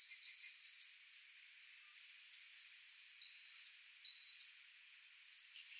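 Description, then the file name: Great tit song, a bright two-note phrase alternating high and slightly lower whistles, repeated rapidly in strings of several pairs with brief pauses between bursts. "Parus major"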